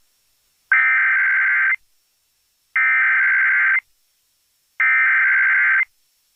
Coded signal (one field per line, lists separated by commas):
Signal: Emergency Alert System (SAME) tones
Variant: header bursts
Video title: EAS- TORNADO WARNING (TOR) ON KFBK-AM (Calaveras/ Tuloneme Counties)